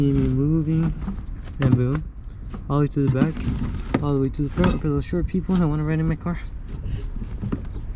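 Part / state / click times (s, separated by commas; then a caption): seat rail slider latch in a car seat mount / seated / 7.5 s. Someone talks while a newly installed Buddy Club bucket seat is slid along its rails to the back and front of a Miata. At 7.5 s the metal seat rail slider latch clicks sharply into place, and the seat locks in and works.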